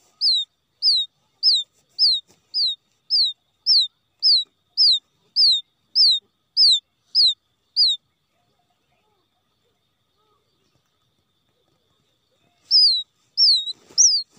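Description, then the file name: Quail chick peeping: about fourteen high, downward-sliding whistles in a quick, even series, several seconds of silence, then a few more peeps with rustling. Quail chick calling for its mother after becoming lost from the flock. "tieng cut non keu goi me lac dan chuan"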